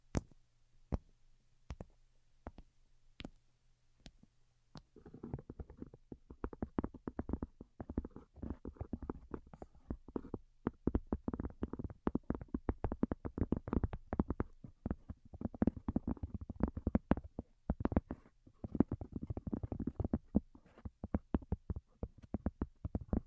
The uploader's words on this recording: ASMR Most Delicate and Calming Tapping for Sleep (No Talking).